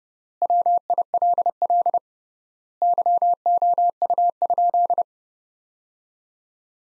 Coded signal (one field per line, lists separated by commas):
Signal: Morse code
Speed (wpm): 32 wpm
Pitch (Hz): 700 Hz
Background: none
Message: WILL YOU?